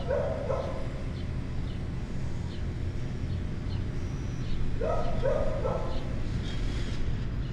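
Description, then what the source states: Dog barking in short bursts of two or three barks, once at the start and again midway, over constant traffic rumble and noise. Dog barking inside a building, with busy street and construction noise around it.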